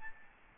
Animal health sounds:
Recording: mosquito wingbeat signal from an infrared sensor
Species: Aedes albopictus

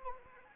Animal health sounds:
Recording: mosquito wingbeat signal from an infrared sensor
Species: Anopheles arabiensis

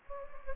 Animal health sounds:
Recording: mosquito wingbeat signal from an infrared sensor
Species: Anopheles gambiae

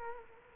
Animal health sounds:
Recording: mosquito wingbeat signal from an infrared sensor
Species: Culex quinquefasciatus

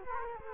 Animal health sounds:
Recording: mosquito wingbeat signal from an infrared sensor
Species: Culex quinquefasciatus

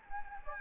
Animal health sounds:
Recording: mosquito wingbeat signal from an infrared sensor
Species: Anopheles gambiae

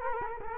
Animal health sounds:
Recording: mosquito wingbeat signal from an infrared sensor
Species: Culex quinquefasciatus

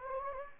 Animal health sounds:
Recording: mosquito wingbeat signal from an infrared sensor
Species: Anopheles gambiae

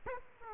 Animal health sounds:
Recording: mosquito wingbeat signal from an infrared sensor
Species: Aedes aegypti

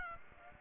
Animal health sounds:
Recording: mosquito wingbeat signal from an infrared sensor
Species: Aedes aegypti

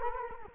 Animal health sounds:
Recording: mosquito wingbeat signal from an infrared sensor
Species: Culex quinquefasciatus

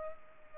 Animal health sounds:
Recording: mosquito wingbeat signal from an infrared sensor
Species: Culex pipiens

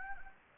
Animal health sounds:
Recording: mosquito wingbeat signal from an infrared sensor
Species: Anopheles gambiae

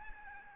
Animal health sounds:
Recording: mosquito wingbeat signal from an infrared sensor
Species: Aedes albopictus

